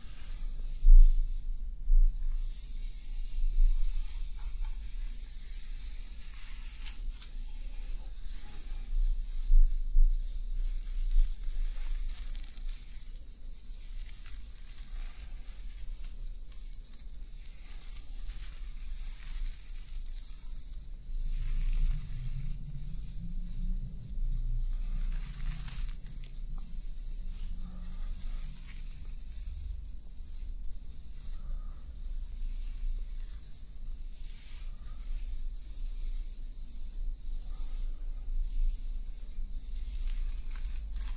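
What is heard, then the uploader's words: Hair being played with makes soft, steady rustling and crackling over a low rumble, with a brief deeper swell around the middle. ASMR Friend Plays With Your Hair Until You Fall Asleep hair play personal attention roleplay.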